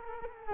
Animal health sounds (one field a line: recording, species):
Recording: mosquito wingbeat signal from an infrared sensor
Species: Culex quinquefasciatus